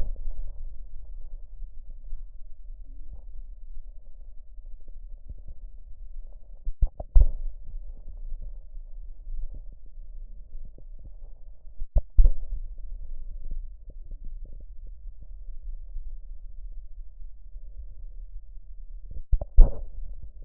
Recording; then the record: lung sounds by stethoscope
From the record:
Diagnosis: emphysema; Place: left posterior upper chest